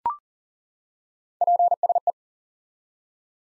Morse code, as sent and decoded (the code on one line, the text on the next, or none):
.--. ... .
PSE